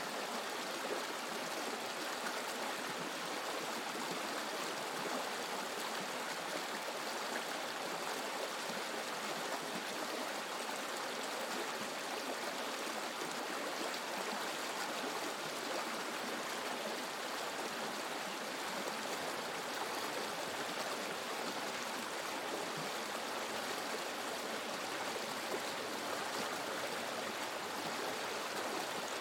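A gently flowing river splashes and babbles steadily over stones, its sound dense and unchanging for the whole stretch. The water noise is bright, with fine crackling detail, while the low end stays thin and no distinct knocks of stones stand out.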